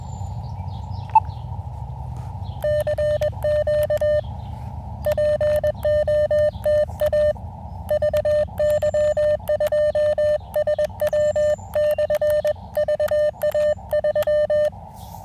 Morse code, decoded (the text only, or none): CQ POTA VY2SW/VA3